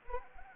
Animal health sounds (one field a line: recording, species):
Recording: mosquito wingbeat signal from an infrared sensor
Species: Anopheles arabiensis